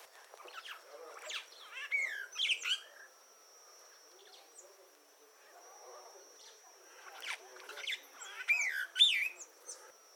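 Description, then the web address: Rüppell's starling song in two busy bursts of clicks, rattles and whistled downslurs, with a quieter pause between them and a constant faint high tone. "cantos estornirupel"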